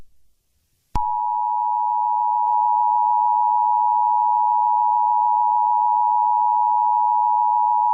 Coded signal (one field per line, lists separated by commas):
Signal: Emergency Alert System (SAME) tones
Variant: 853 and 960 Hz attention tone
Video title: EAS Scenario #7: Adventure Island